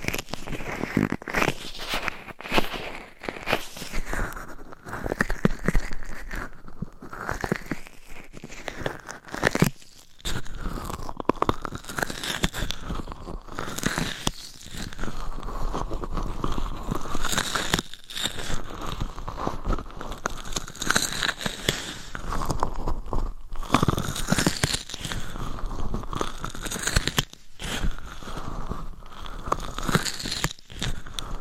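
Steady scratching and crinkly rubbing fill the clip, with dense bursts, sharp taps, brief pauses, and a swooping whooshing tone recurring every few seconds.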